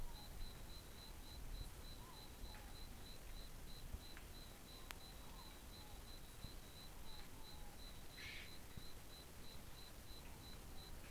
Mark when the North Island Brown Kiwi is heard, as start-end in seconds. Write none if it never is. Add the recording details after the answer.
none. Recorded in New Zealand on 11 December 2014. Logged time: 22:44. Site CF20